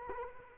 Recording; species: mosquito wingbeat signal from an infrared sensor; Culex quinquefasciatus